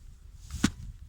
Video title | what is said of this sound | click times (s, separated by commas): Mein neuer Helm: LS2 Advant X | Hast du gehört, dann rastet es euch und dann beim Bremsen, | 0.6 s